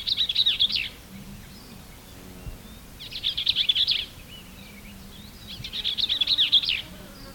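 Bell's vireo repeating a quick, chattering phrase three times, each about a second long, spaced by pauses, faint hum below.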